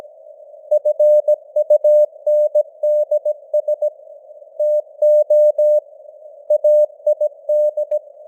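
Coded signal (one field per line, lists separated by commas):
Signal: Morse code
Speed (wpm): 17 wpm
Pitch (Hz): 600 Hz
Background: none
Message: FUNDS TO AID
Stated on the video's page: Simulated news headlines in Morse at 17 wpm with simulated radio noise and varying signal strength (QSB).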